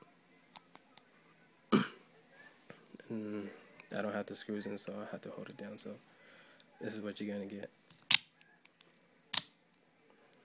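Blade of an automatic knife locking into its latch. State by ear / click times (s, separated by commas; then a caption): seated / 0.6 s. The blade of a partly assembled automatic OTF knife is pulled back under pressure and catches in its lock with a click at 0.6 s; the screws are not in, so the assembly is held down by hand. Someone talks through the middle of the clip, and two louder sharp snaps follow at about 8.2 s and 9.3 s.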